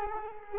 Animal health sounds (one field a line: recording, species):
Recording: mosquito wingbeat signal from an infrared sensor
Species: Culex quinquefasciatus